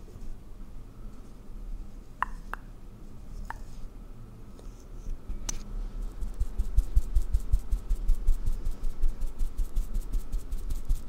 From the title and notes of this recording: ASMR First person Makeup On Your Face(No Talking).